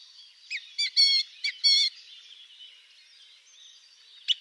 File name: Grive musicienne